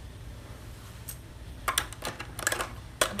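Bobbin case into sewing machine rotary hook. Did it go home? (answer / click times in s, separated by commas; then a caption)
yes / 3.0 s. A bobbin case is guided under the sewing machine bed and pushed into the round rotary hook race, with a few light metallic ticks and taps as it is positioned. At 3.0 s it latches in with a sharp click, and the bobbin case is seated in the hook.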